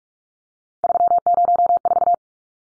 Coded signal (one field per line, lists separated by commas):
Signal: Morse code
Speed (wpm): 44 wpm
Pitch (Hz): 700 Hz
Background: none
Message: 304